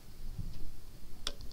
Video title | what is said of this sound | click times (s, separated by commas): Mr. C 8th Grade Science - Fall '20 9-28-20 - Lecture 30 | you hear it click in place? When you hear that click, it's locked into place. | 1.3 s